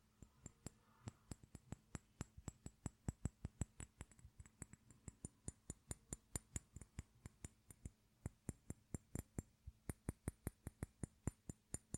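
Quick tapping on hard objects, metal, wood, plastic and glass, runs through the whole twelve seconds as a dense string of sharp clicks, roughly four to six a second. Some taps ring brightly like glass chinking, and a low steady hum sits underneath.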